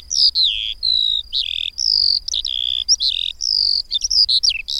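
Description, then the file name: Eurasian skylark song in short bursts: drawn-out buzzy whistles and slurred high notes alternating with quick chirps, lively and uneven in rhythm. "Mezei pacsirta"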